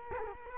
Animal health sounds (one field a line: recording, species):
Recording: mosquito wingbeat signal from an infrared sensor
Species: Culex quinquefasciatus